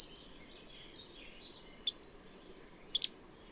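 Bird chirps: a few brief, sharp high notes at the start, around two seconds and near three seconds, with a faint steady hiss behind.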